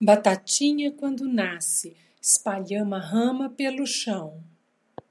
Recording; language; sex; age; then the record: short text; Brazilian Portuguese; female; 50 to 59 years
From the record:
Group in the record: control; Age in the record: 57 years